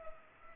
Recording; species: mosquito wingbeat signal from an infrared sensor; Culex pipiens